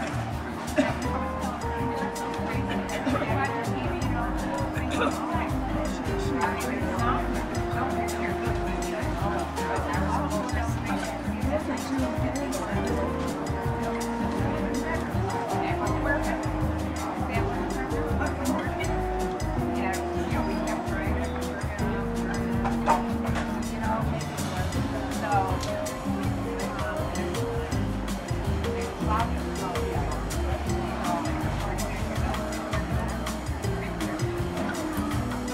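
Seaside cafe ambience with steady overlapping chatter, shifting tones through the low and middle range, and a constant dense wash underneath throughout.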